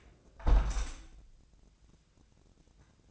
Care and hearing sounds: daily activity, microphone in the room; close window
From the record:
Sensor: 2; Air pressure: 1012.1 hPa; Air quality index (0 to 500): 94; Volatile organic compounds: 1 ppm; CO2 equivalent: 718 ppm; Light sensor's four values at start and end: 114/272/113/112 and 114/271/112/112

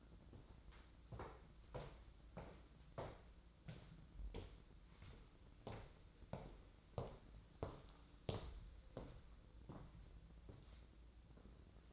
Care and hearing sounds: daily activity, microphone in the room; walk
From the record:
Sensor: 3

